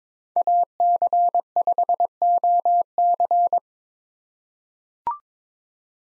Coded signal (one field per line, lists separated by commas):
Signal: Morse code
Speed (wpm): 22 wpm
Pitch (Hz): 700 Hz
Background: none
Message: AC5OC